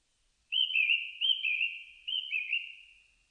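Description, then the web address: Japanese thrush singing fluty, slurred whistles in three quick pairs, the last trailing off; no other sounds. Recorded 4 May 2001. "2001 010504 kurotugumi"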